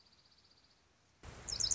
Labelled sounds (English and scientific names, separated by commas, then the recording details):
Dark-eyed Junco (Junco hyemalis)
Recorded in Sonoma County, California